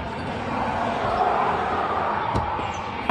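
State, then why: Seated. A pry bar levers the shift linkage rod end onto its ball stud on the transmission shift lever of an AW-4 automatic transmission in an '89 XJ. Steady broadband noise runs throughout, with a brief thump near 2.4 s, and a sharp pop at 3.1 s as the rod end seats on the stud.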